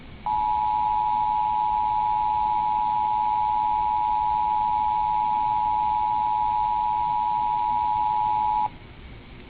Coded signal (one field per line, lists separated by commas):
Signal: Emergency Alert System (SAME) tones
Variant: 853 and 960 Hz attention tone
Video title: Eas weerrtgyryt